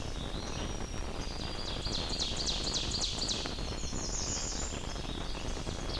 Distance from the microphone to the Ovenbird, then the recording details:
about 60 m. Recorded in boreal forest in Alberta, Canada, on 21 June 2016 at 06:48. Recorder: SongMeter 3, array SBT-6-81. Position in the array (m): 52 m, 124 m. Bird 23